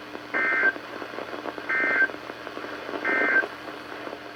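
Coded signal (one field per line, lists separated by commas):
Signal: Emergency Alert System (SAME) tones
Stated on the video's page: NOAA Weather Radio SAME alerts, severe thunderstorm warnings issued by NWS Sterling, on 162.550 (Independent Hill, VA) and 162.400 (Pikesville, MD) transmitters.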